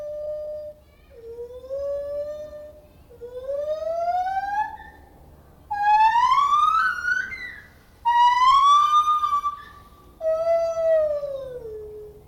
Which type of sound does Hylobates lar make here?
call